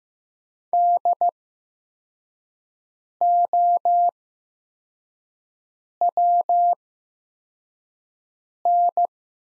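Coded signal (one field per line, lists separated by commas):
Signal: Morse code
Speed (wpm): 15 wpm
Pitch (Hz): 700 Hz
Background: none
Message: DOWN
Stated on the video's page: Morse practice set of the top 100 words at 15 wpm with Farnsworth-style 8x character spacing, easing learners toward standard timing.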